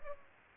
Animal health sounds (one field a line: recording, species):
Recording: mosquito wingbeat signal from an infrared sensor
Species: Aedes aegypti